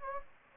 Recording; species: mosquito wingbeat signal from an infrared sensor; Anopheles gambiae